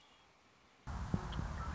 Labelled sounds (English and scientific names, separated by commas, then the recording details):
Red-winged Blackbird (Agelaius phoeniceus)
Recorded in Sonoma County, California